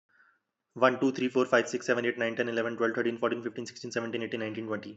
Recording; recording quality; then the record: counting at a fast pace; excellent, no background noise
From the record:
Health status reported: respiratory illness, not identified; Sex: male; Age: 28 years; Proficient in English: yes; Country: India